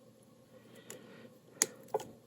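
After the Antumbra Mult synth module's 2-pin header is bent so it fits, a power cable's plastic connector is pushed onto the pins. Faint soft ticks and handling noise lead up to a sharp, bright click at 1.6 s as the connector seats fully on the header, followed by another fainter tap at 1.9 s.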